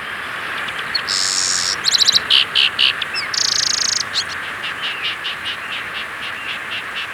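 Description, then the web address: Grass wren delivering two long buzzy trills separated by quick rattles and chip notes. Ecuador. "S America Birds of Ecuador. Grass Wren"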